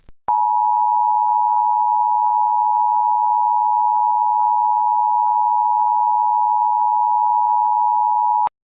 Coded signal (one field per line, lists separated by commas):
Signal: Emergency Alert System (SAME) tones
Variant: 853 and 960 Hz attention tone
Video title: Mother Nature Got Mad (Eas scenario)